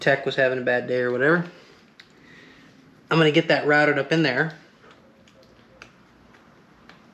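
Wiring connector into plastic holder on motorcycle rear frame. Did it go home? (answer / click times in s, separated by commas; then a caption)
yes / 5.8 s. Someone talks while a wiring connector on the rear loom of a 2024 KTM 500 EXC-F dirt bike is pressed into its plastic factory holder on the rear frame. Faint handling ticks follow, then a sharp, short click at 5.8 s as the connector pops into the holder clip and seats.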